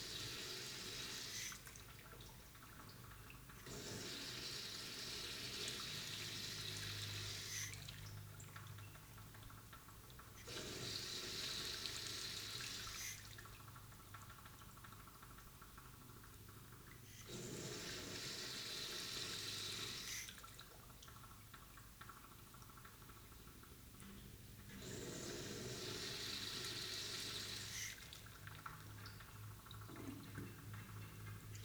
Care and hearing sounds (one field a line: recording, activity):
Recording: daily activity, guitar pickup as the sensor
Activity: flush